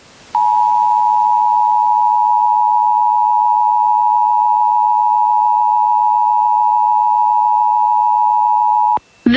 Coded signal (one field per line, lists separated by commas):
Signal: Emergency Alert System (SAME) tones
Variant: 853 and 960 Hz attention tone